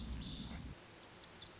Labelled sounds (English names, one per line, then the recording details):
Lazuli Bunting
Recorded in Sonoma County, California